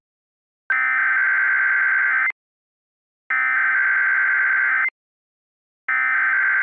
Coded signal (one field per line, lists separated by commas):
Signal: Emergency Alert System (SAME) tones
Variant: header bursts